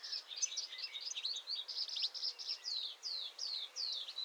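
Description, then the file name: European goldfinch twittering: a fast tumble of high chirps giving way to evenly spaced descending slurred notes near the end. "Carduelis carduelis"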